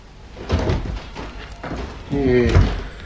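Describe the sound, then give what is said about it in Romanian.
A house door is worked open as a tired father comes in, with a couple of dull wooden thuds followed by a louder clunk and a brief tonal creak, all moderately loud against a quiet background. “Când răsturnă mămăliga, taică s-o intră pe ușă obosit.”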